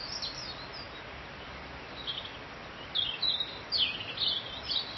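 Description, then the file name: Bird song with soft high chirps first, then quick twittering phrases repeating about twice a second, all over constant hiss. "Vogel"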